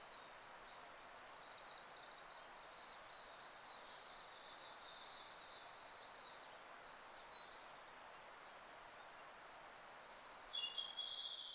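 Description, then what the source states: Sakhalin leaf warbler song, high thin whistled notes in two repeated bursts about seven seconds apart, ending with a brief buzzy note, over a constant soft hiss. 31 May 2009, 08:55.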